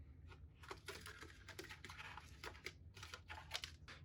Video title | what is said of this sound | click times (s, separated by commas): HP Pavilion 570 Gaming Upgrades - GTX 1660 Super and i5-7400 | here a little click | 3.6 s